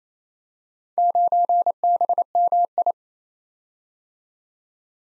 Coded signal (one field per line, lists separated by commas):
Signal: Morse code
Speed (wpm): 28 wpm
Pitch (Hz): 700 Hz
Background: none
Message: 9BMI